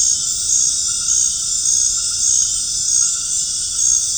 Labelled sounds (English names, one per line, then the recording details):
none
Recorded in dense forest near Puerto Asís, Putumayo, Colombia, on 25 June 2025 at 19:00
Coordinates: 0.481, -76.323
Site G072